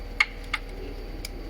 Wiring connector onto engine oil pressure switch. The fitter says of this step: heard it click that little yellow tab just clicks back in and